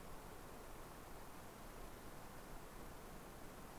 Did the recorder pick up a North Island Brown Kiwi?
no